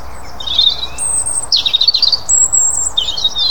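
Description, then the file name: European robin singing thin, high, tumbling phrases with sweet whistled notes and rapid twittery runs, in several bursts separated by brief pauses, over a faint low rumble. "Erithacus rubecula"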